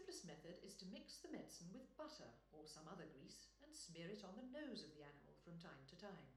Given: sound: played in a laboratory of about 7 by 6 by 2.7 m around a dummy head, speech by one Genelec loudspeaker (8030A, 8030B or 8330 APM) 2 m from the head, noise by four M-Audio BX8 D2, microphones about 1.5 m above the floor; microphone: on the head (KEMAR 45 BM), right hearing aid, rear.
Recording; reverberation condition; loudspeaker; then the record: female speech in English; medium; 90 degrees to the right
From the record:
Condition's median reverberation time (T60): about 510 ms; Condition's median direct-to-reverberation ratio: about -0.5 dB